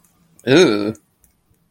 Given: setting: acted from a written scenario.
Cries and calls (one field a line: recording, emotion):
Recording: vocal sound without words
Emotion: disgust